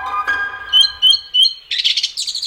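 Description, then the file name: Song thrush song: a clear whistled note repeated three times, then a dense scratchy twitter and high squeaky phrases. "Flux FM Hör Mal Wer Da Zwitschert. Singdrossel"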